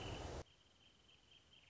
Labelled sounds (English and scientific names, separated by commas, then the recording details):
Wrentit (Chamaea fasciata)
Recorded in Sonoma County, California